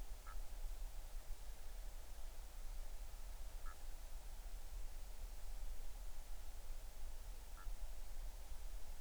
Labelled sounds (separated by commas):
bird